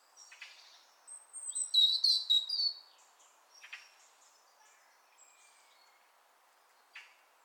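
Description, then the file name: European robin song: one high, fast, twinkling phrase of thin trills and slurred notes, followed by fainter scattered chirps and a brief high note near the end. "Erithacus rubecula"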